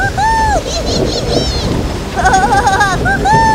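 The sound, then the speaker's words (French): A thunderstorm at sea with a stormy downpour and powerful, relentless crashing waves rocking a boat violently makes a steady, loud roar throughout, while high wavering tonal sounds rise and fall above the noise in short bursts. “Le bateau flotta pendant plusieurs heures avant d'être pris dans un orage. Les vagues étaient puissantes et sans répit.”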